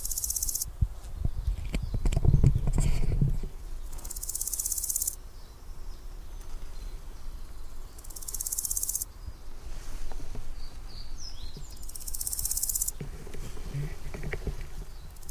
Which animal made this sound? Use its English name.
Large Gold Grasshopper